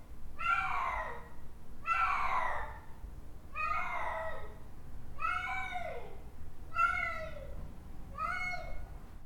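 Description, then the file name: Domestic cat giving six plaintive miaows, each rising then dropping, spaced about one and a half seconds apart, with a low rumbling background. "Miaow"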